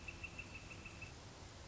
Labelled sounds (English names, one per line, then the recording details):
Northern Flicker
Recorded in Sonoma County, California